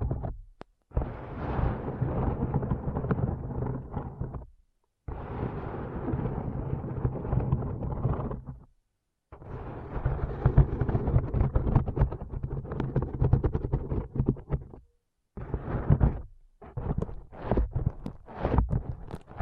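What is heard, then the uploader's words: Foam brain massage: dense, rumbling rubbing bursts of a few seconds each, broken by short silences, ending in quicker, choppier strokes. ASMR Powerful Foam Brain Massage.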